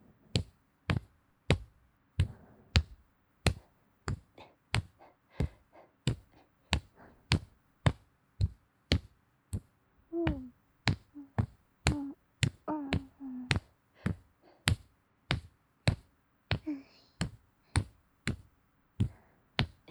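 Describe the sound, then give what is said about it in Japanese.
Steady, even shoulder tapping as the final step of a massage, roughly two crisp, soft-edged taps per second repeating the whole time, with faint murmuring sounds drifting in briefly partway through. “トントントントンって肩を叩く気持ちいい音。”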